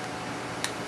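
The opened face mask of a small metal (alloy) Herocross 86Hero HMF010 chibi MK42 action figure is put back onto its helmet and pressed until it is fastened tight. Over a steady low background noise, a single short, sharp click sounds at 0.6 s. The faceplate is seated and clipped shut.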